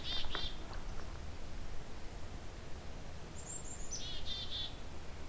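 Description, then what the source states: Black-capped Chickadee calling: a burst of buzzy dee notes, then after a quiet pause a high clear note followed by more buzzy dee notes, over a steady low hum. Typical chickadee-dee-dee calls.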